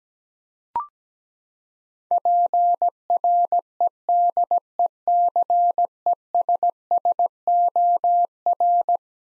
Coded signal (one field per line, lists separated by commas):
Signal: Morse code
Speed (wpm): 17 wpm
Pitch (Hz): 700 Hz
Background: none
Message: PREDECESSOR